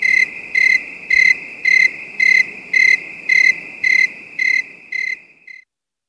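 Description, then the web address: Cricket chirps, shrill pulsed bursts about twice per second that fade out near the end, leaving silence. Calm, distant night bed of high-pitched crickets. "Nature Ambiences 18 Night Ambience 4 Calm Distant Bed of High-pitched Crick"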